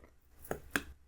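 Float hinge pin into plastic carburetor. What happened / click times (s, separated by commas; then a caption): The small pin snapped into its plastic seat / 0.8 s. A float hinge pin is pushed down into a plastic carburetor on a Troy-Bilt TB110 with a Briggs 550EX engine. A softer click at 0.5 s is followed by a sharp snap at 0.8 s as the pin snaps in and seats, and the float sits correctly.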